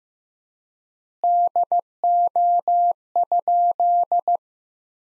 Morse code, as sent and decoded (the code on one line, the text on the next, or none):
-.. --- ..--..
DO?